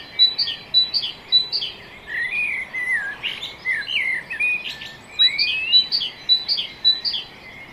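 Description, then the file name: Great tit giving rapid repeated two-part calls, high then lower, with a stretch of slurred lower notes in between. "Parus major"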